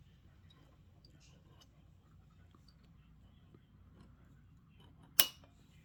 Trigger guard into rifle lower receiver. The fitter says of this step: did you hear it click